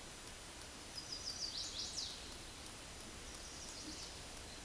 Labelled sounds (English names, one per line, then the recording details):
Chestnut-sided Warbler song
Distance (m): 40 m
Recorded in a Pennsylvania forest on 17 May 2023 at 12:11
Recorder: AudioMoth, point grid1_24_low
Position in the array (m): 120 m, 206 m